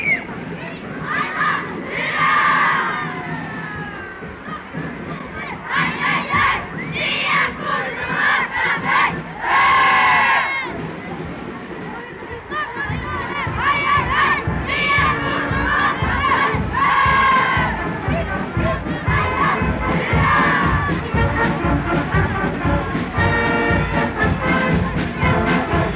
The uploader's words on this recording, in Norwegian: Lyden av jublende barnetog og korps på 17.